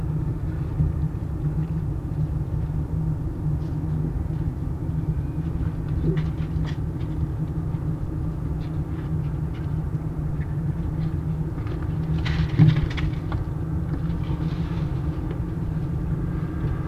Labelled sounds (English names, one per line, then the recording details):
Red Fox
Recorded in captivity
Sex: male
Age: subadult
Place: Zoologisches Institut der HUB, Berlin, DE
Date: 1955-10-21 17:50
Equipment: 19 cm Halbspur
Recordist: Tembrock, Günter
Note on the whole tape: Band F 221-7: Moppel: Schmerzschrei bei Rückenbiß durch Jau (bei der Fütterung)